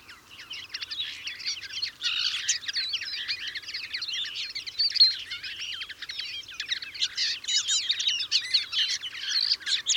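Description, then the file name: European greenfinch calls, a steady stream of overlapping twitters and sharp chirps. "Chloris chloris"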